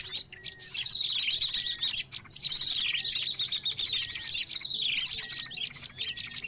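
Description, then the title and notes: Birds in a dense chattering chorus, high buzzy trills recurring over sweeping whistles and quick chirps, with brief pauses between bursts. Many noisy birds calling together, used as a lure (pikat) for catching birds. "Master Burung Ribut Durasi Panjang. Burung Ribut Pikat"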